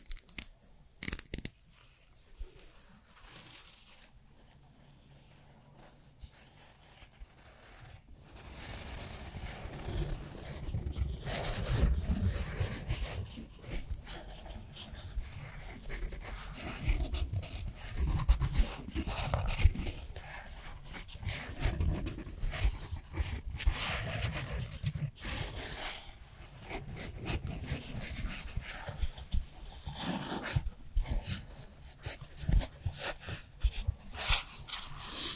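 A Korean skincare routine begins with a few sparse clicks and light taps over quiet for about eight seconds. Then dense, rough rubbing and patting sounds take over, low and breathy like panting, swelling in uneven bursts and continuing to the end.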